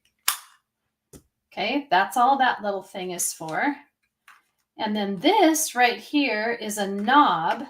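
A small replacement blade cartridge, like a smaller version of a 12 in trimmer blade, is pressed into the notch of a plastic circle cutter arm and seats with a sharp snap at 0.3 s. A faint tick follows around 1.1 s, then someone talks for the rest of the clip.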